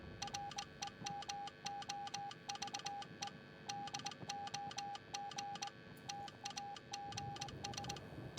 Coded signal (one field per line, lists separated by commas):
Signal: Morse code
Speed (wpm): 21 wpm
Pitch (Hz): 810 Hz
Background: none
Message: REMOVE DOG TAGS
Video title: BF1 Morse Code 5 Second try